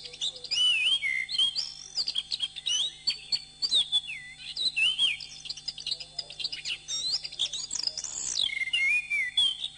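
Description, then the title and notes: Bird delivering loud, continuous warbling song of looping whistles and chirps, very high and varied, over a low steady hum. Masteran birdsong training recording. "MASTERAN BURUNG. suarane manok"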